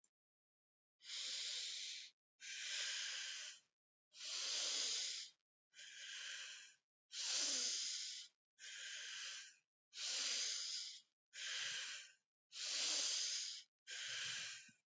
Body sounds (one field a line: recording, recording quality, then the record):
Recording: deep breathing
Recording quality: excellent, no background noise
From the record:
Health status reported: healthy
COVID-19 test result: negative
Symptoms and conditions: cough, cold, fever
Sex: female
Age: 29 years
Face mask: not worn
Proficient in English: yes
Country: India